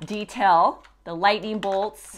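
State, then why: Not seated. A second plastic action figure is being handled to be pushed into the plastic seat of its toy car, to pop right in. Someone talks throughout, and nothing has seated or clicked yet.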